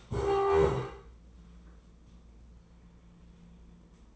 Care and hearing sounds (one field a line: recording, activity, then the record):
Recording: daily activity, microphone in the room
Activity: stand up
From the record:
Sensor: 1